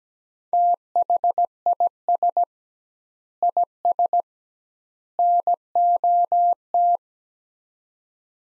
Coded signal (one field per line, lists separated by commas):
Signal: Morse code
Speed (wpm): 17 wpm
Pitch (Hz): 700 Hz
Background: none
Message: THIS IS NOT